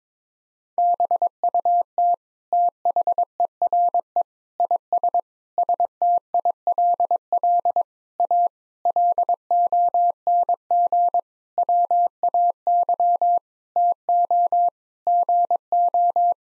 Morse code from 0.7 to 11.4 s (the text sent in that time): BUT THERE IS STILL A LONG